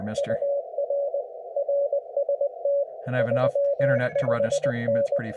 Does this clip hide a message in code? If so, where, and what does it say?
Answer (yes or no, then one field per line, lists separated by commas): yes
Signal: Morse code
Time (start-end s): 0.2-5.2 s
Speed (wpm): 19 wpm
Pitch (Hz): 560 Hz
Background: speech, radio noise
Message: UR RST 35N